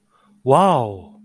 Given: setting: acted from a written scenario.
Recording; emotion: vocal sound without words; adoration